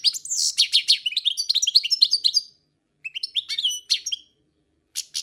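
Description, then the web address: European goldfinch song: a quick, tinkling twitter of high liquid notes and slurred chirps, pausing briefly, then resuming in short bursts. "schegol"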